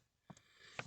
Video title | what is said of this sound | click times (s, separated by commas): Don't Pay the Dealer: Easy 907 Sprinter Cabin Air Filter DIY | it just pops into place like that I'm going to go and grab my cover here now | 0.8 s